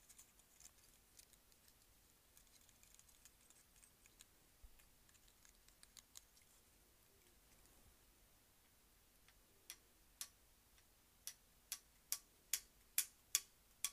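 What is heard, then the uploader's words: A claw clip gives off sharp, bright clicks. Faint scattered ticks fill the first half, then after about nine seconds the snaps grow louder and settle into a steady rhythm, roughly one every half second, over a low constant hum. ASMR Claw Clip.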